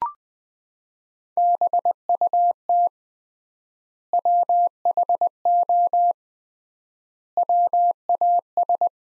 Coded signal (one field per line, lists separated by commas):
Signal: Morse code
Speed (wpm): 20 wpm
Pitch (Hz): 700 Hz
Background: none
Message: BUT WHO WAS